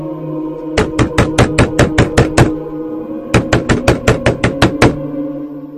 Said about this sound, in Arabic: الخبط كان جامد ومش عارف مين اللي بيخبط.